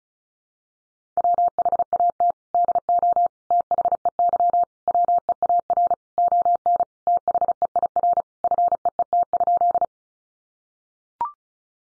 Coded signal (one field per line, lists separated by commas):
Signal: Morse code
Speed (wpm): 34 wpm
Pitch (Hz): 700 Hz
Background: none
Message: WHAT DO THEY WEAR ON THEIR FEET?